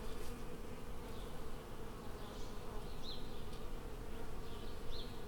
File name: Swarming Bees